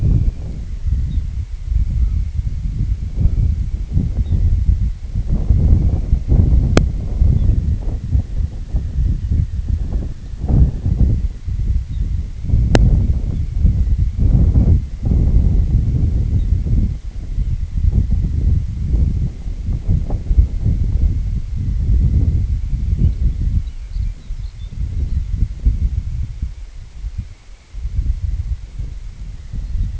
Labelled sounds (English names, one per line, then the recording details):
unidentified sound
Lapland Longspur
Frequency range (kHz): Lapland Longspur 1.9-6.0 kHz
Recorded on Arctic tundra, site IGLO-D, on 25 June 2018
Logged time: 08:00